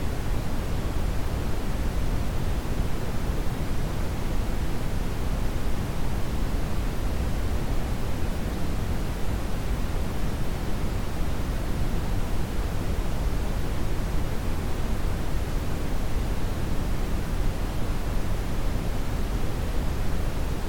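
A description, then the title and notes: Brown noise: a steady, dense rumbling hiss weighted toward deep low tones, unchanging in level throughout, with softer, dimmer highs above. In contrast to its sibling, the White Noise, the Brown Noise has a lower intensity at higher frequencies and thus creates a deeper, warmer sound atmosphere.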